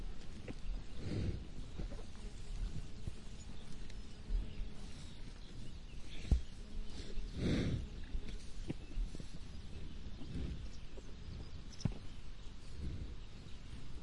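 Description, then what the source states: Cow breathing: several heavy, breathy exhales at irregular intervals, with faint clicking sounds and a steady low rumble underneath. Cow eating, with smacking and breathing sounds.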